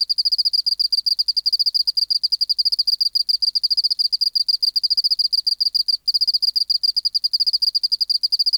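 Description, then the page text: Oceanic field cricket song: fast trains of pulsed chirps, several per second, steady and high, with one brief gap at about six seconds; nothing else audible. Recorded in an acoustic laboratory, 19 March 1984, 11:15, 24 °C, 30% humidity, still air, dim light. "Teleogryllus oceanicus. BioAcoustica"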